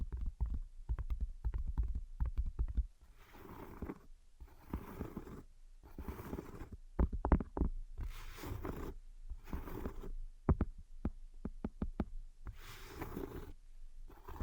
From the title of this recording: Invisible Tapping and Scratching